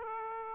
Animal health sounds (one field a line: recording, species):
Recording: mosquito wingbeat signal from an infrared sensor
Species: Aedes aegypti